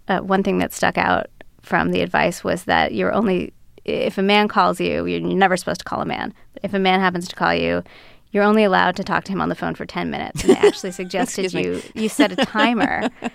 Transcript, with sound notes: One thing that stuck out from the advice was that, you're only - if a man calls you - you're never supposed to call a man - if a man happens to call you, you're only allowed to talk to him on the phone for 10 minutes.
(LAUGHTER) Excuse me.
And they actually suggest that you set a timer.